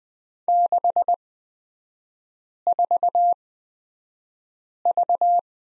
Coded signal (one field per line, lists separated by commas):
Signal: Morse code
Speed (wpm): 20 wpm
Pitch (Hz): 700 Hz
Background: none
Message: 64V